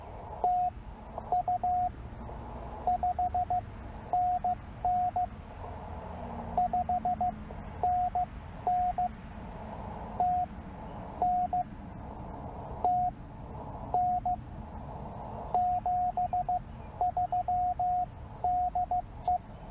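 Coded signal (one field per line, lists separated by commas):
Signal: Morse code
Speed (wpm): 15 wpm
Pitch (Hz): 690 Hz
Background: radio noise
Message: TU 5NN 5NN TN TN 73 DE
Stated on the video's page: CW from a solo Parks on the Air activation, using an end-fed half-wave antenna on a travel mast.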